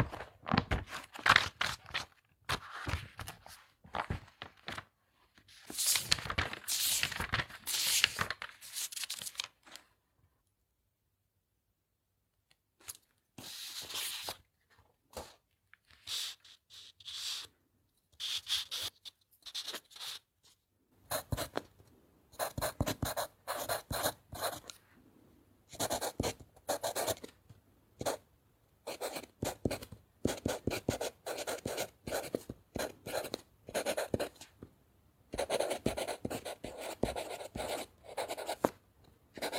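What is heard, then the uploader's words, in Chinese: Pencil scratching on paper and pages being turned. Dense, papery bursts of rubbing and scribbling come in quick runs, with a silent pause around ten to twelve seconds, then shorter strokes resuming steadily to the end. 翻书 铅笔写字。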